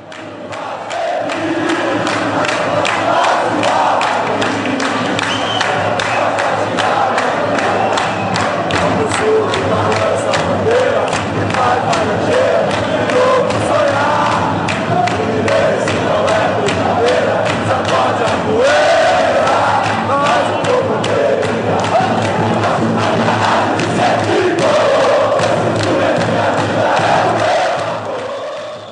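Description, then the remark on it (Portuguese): Fluminense football supporters chant the samba "Abram Alas", created by the supporters themselves, a loud, dense wall of crowd voices carried by a steady rhythmic pulse that keeps going without a break for the whole half minute. “Isso, ela é criada pela própria torcida Fluminense, ela é de domínio público.”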